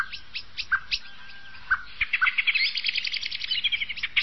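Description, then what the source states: Common blackbird song: a few short clear whistled notes, then a fast scratchy twittering run of high notes that carries to the end. Blackbird songs for use in bird trapping (uccellagione).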